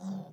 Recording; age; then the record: pig call; piglet (1 to 25 days)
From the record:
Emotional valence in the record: negative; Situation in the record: short isolation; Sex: male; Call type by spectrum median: low-frequency call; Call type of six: low-frequency stable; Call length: 0.33 s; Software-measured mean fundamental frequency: 61 Hz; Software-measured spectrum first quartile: 189 Hz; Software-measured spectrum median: 235 Hz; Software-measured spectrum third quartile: 657 Hz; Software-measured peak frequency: 186 Hz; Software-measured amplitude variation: 129 dB a second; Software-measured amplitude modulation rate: 26.1 a second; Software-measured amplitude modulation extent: 5.0 dB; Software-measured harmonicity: 11.7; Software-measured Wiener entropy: -0.80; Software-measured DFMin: 1134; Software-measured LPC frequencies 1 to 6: 3673, 4765, 5923, 6693, 7645, 8619 Hz